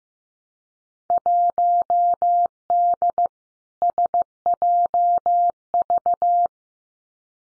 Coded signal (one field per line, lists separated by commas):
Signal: Morse code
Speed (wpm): 15 wpm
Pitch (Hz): 700 Hz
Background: none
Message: 1D SJV